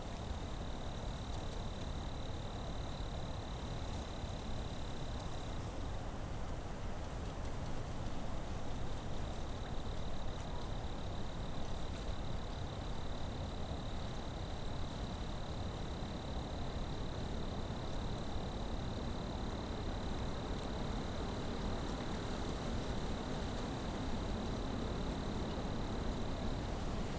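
Steady, dense rushing noise at Sleeping Bear Dunes, with a thin high insect-like whine running through most of it, pausing briefly early on.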